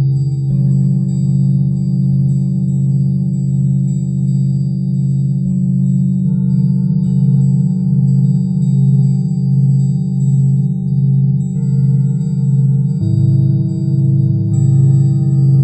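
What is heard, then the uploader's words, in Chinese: A singing bowl rings on continuously, its deep hum throbbing in slow, regular waves while fainter bright overtones shimmer above it. The tone shifts or is refreshed near the start, around six seconds, and again around thirteen seconds, never fading to silence. 钵声疗愈。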